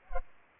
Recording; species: mosquito wingbeat signal from an infrared sensor; Culex pipiens